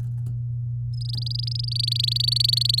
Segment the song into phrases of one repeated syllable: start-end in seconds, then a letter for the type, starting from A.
0.94-2.80 A